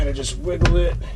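A plastic hinge housing piece is being worked into a Dometic RV freezer door, pushed in with a flat blade screwdriver and wiggled while someone talks. Faint handling noises sit under the voice, with a slightly louder burst around 0.6 s. Nothing has seated or snapped into place yet.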